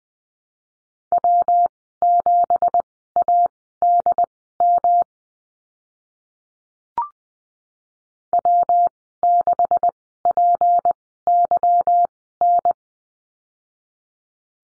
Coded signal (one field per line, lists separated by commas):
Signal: Morse code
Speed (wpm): 20 wpm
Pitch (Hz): 700 Hz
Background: none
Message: W7ADM W6PYN